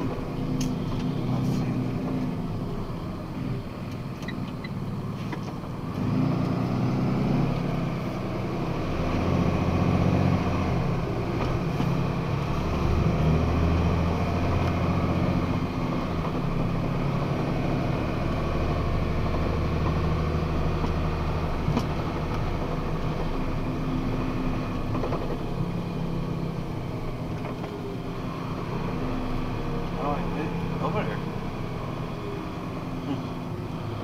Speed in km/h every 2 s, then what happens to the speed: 17, 12, 7, 12, 17, 23, 29, 34, 36, 38, 39, 39, 34, 30, 27, 24, 21.
0-3 slows to 7. 5-20 speeds up to 39. 20-34 slows to 21.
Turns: none.